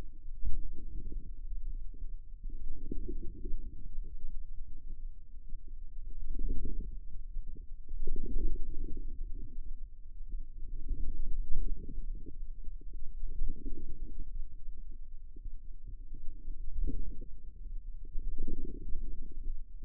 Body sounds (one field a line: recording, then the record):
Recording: forearm muscle sounds (acoustic myography)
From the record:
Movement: ulnar deviation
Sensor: system 2, bracelet of six BSWA MPA416 microphones around the upper forearm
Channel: 1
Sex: female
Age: 25 years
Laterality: right